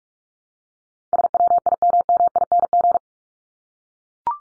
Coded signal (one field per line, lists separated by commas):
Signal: Morse code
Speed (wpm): 44 wpm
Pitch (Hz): 700 Hz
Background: none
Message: SWIMMING